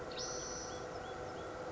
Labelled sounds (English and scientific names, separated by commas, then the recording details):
Spotted Towhee (Pipilo maculatus)
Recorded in Sonoma County, California